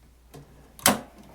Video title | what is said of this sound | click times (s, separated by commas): HP Smart Tank 5000: How to Install The Print Heads | push it until it clicks in place. Use your thumb | 0.9 s